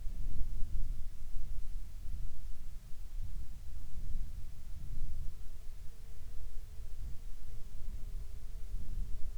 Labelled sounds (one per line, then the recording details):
insects
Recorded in the Arctic National Wildlife Refuge, Alaska, on 30 July 2019 at 20:52
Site 49